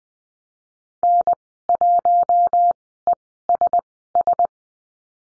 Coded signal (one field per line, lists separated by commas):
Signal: Morse code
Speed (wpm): 20 wpm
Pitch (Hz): 700 Hz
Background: none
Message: N1ESS